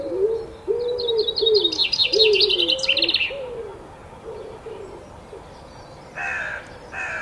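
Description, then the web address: Pigeon giving a series of low, rolling coos while a songbird trills brightly; then quieter, with two brief harsher calls near the end. Pigeons recorded in the early morning together with other birds. "Tom Hutchings Birds Early Morning Featuring Pigeons"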